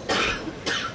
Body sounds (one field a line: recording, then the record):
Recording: coughing mixed with background sound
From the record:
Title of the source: 64 coughing, allergies, singing lungs